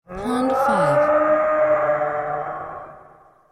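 Animal call: a deep, drawn-out harmonic groan lasting about three seconds, dipping in pitch early on, then holding steady and slowly fading, opened by a brief noisy rasp.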